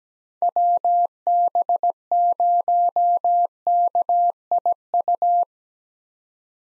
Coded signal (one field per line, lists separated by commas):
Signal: Morse code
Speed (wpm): 17 wpm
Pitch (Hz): 700 Hz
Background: none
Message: WB0KIU